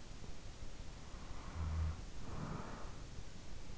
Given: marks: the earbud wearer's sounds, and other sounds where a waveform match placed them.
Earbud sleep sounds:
sounds in sleep by an in-ear microphone; snoring breath
0.91-3.36 s: snoring breath

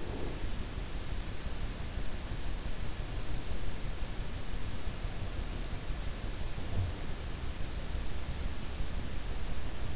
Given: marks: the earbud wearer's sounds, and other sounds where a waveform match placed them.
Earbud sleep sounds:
sounds in sleep by an in-ear microphone; breath
0.00-0.48 s: breath

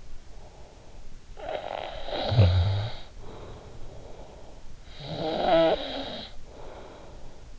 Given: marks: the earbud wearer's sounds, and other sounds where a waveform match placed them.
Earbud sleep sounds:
sounds in sleep by an in-ear microphone; snoring breath
1.11-4.59 s: snoring breath
4.74-7.59 s: snoring breath

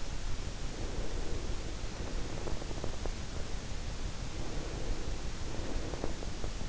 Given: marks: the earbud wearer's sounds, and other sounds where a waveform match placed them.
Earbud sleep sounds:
sounds in sleep by an in-ear microphone; breath
0.87-3.03 s: breath
4.30-6.17 s: breath

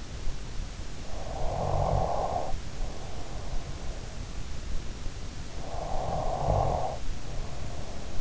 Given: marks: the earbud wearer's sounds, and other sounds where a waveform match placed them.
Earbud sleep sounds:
sounds in sleep by an in-ear microphone; snoring breath
0.71-3.73 s: snoring breath
5.25-8.21 s: snoring breath

